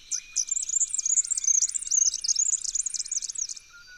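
Red-backed fairywren song: a sustained, shrill reeling trill of fast, jittery notes running about three and a half seconds.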